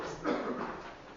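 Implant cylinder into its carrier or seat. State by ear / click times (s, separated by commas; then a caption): not seated / none. A dental implant cylinder is being set into its cylinder carrier during a lecture demonstration, with only a soft, steady handling noise and a brief low swell around 0.3 s. Nothing has seated or snapped into place yet in this clip.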